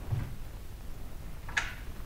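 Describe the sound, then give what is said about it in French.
A door that was locked with a key is unlocked and opened: a soft knock of handling early on, then a single sharp metallic click of the lock over a low, steady background rumble, with no voices. “Il a un mouvement de surprise en s'apercevant que la porte a été fermée à clé.”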